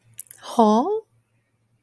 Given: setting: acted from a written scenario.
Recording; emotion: vocal sound without words; confusion